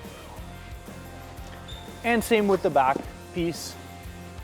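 The rear seat piece of a Sea-Doo personal watercraft is handled at its deck latch, with background music playing throughout and someone talking from about 2.0 to 3.0 seconds and briefly again near 3.4 seconds. The seat has not been pushed home yet, and nothing has seated or clicked.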